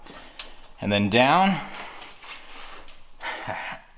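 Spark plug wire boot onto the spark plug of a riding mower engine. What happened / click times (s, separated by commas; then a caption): Handled, not yet home: rubber boot being pushed onto a plug terminal / none. The rubber spark plug wire boot is being slid over the spark plug terminal and pushed down on a Troy-Bilt Bronco riding mower engine, with brief handling sounds near 0.1 s and 0.4 s while someone talks. The boot has not seated or clicked onto the plug yet.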